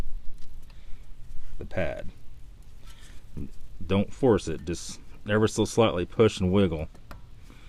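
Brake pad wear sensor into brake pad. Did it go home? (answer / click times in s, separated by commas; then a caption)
yes / 7.1 s. A brake pad wear sensor is pressed with a slight push and wiggle into its slot in a new brake pad on a Brembo caliper of a BMW while someone talks. The sensor clicks into place at 7.1 s, and it is seated.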